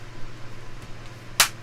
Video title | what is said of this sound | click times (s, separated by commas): K40 Laser Inspired K8851 42 - Front Panel Installation & Wiring Up - To Cut Amiga Panels | Oh, a nice click then. Not quite. | 1.4 s